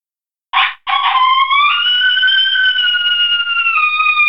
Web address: Coyote. Howling